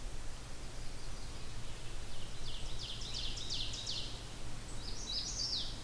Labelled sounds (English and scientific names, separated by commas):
Ovenbird (Seiurus aurocapilla) song